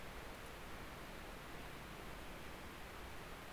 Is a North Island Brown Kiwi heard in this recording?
no